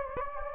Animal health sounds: mosquito wingbeat signal from an infrared sensor; Anopheles gambiae

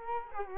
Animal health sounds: mosquito wingbeat signal from an infrared sensor; Culex quinquefasciatus

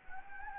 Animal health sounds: mosquito wingbeat signal from an infrared sensor; Anopheles gambiae

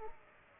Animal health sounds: mosquito wingbeat signal from an infrared sensor; Aedes aegypti

